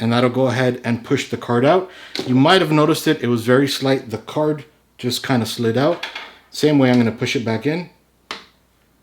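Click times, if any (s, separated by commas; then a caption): 8.3 s. A graphics card is pushed back into a motherboard's PCIe x16 slot while someone talks. The retention latch snaps with a sharp click at 8.3 seconds, and the card locks in place.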